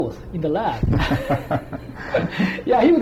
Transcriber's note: mutual laughter